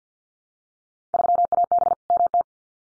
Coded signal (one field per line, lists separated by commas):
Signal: Morse code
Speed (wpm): 50 wpm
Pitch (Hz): 700 Hz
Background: none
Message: 3AB MT